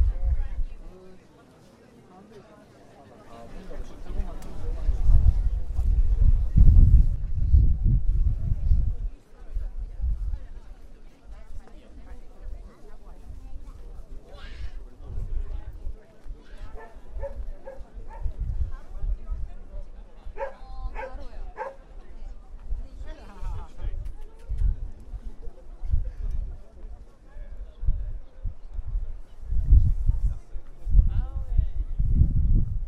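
A walk from Prague Castle toward Charles Bridge, with people talking on and off throughout. Low rumbling and thumping swell around five to nine seconds and again near the end, and a dog barks briefly among the voices.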